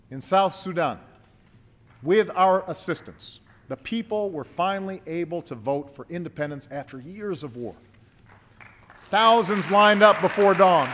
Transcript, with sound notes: In south Sudan -– with our assistance -– the people were finally able to vote for independence after years of war. (Applause.) Thousands lined up before dawn.